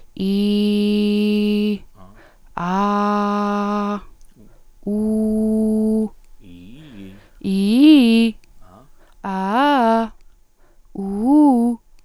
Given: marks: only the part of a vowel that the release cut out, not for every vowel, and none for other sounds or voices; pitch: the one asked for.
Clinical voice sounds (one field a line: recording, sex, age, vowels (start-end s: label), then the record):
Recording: sustained vowels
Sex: female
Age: 20 to 29 years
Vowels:
0.44-1.67 s: vowel /i/, low pitch
2.86-3.90 s: vowel /a/, low pitch
4.95-6.00 s: vowel /u/, low pitch
7.50-8.24 s: vowel /i/, low-high-low pitch
9.34-10.00 s: vowel /a/, low-high-low pitch
11.05-11.69 s: vowel /u/, low-high-low pitch
From the record:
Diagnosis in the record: healthy voice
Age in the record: 24 years